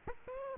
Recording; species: mosquito wingbeat signal from an infrared sensor; Aedes aegypti